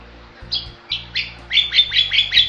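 Bali myna calls: a short series of bright chip notes that come faster toward the end.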